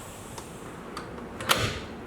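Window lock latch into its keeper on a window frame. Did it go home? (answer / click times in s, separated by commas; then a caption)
yes / 1.5 s. A window lock latch on a newly installed window is pushed into its keeper on the window frame. After a few faint ticks against a quiet background, a short rising rub leads into one sharp, bright click at 1.5 s, followed by a brief low thud. The latch is heard locking in place.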